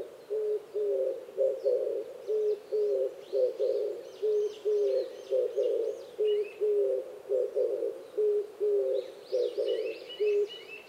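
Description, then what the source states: Oriental turtle dove with a loud run of low, rhythmic coos, while small birds chatter faintly at higher pitch. Recorded 26 April 2010 at 05:29.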